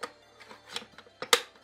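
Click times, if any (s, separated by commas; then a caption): 1.3 s. An AM43 BENEXMART blinds drive motor unit is slid into its plastic wall mounting plate, with a few light scraping taps near 0.0, 0.8 and 1.2 s. It snaps home with a sharp, loud click at 1.3 s, and the motor is seated in the plate.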